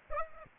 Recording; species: mosquito wingbeat signal from an infrared sensor; Aedes aegypti